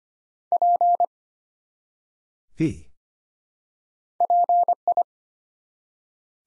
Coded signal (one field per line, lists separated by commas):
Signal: Morse code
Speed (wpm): 26 wpm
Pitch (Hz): 700 Hz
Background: none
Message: P PI